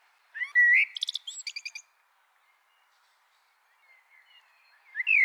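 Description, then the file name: Eurasian blackbird: a clear rising whistle followed by a quick series of dry, high twittering notes, then silence and another whistle beginning. "Turdus merula"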